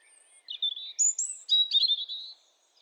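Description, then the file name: European robin singing a high, clear phrase of thin, wavering whistled notes sliding up and down. "Erithacus rubecula"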